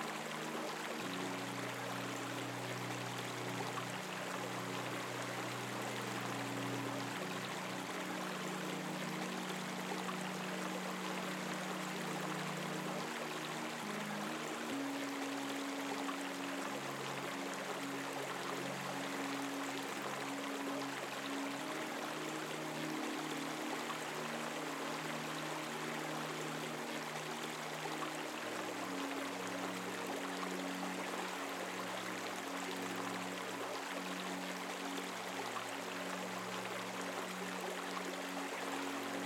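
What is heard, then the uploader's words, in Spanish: A murmuring stream runs steadily throughout, a dense, even rush of water with a bright hiss on top. Beneath it, a soft, low melody of sustained notes shifts slowly, changing chords around 7, 15, 22 and 29 seconds. Murmullo Reconfortante del ARROYO y una MELODÍA Suave. El sonido apaciguador de un arroyo murmurante.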